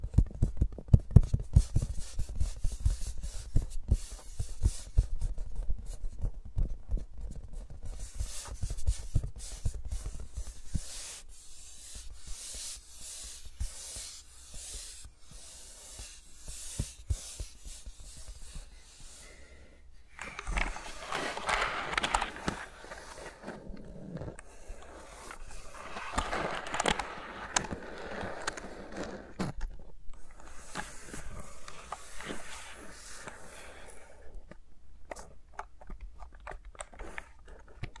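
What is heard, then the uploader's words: ASMR sounds of fingers moving around microphones. For the first twenty seconds there are dense, crackly rubbing and tapping clicks. After that come softer, breathy swishing strokes in several waves, then sparse scattered taps toward the end. ASMR with Mics Around My Fingers (No Talking).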